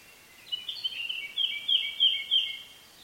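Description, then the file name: Eurasian blackcap song, a single fast warbling phrase of chattering notes. "Sylvia atricapilla"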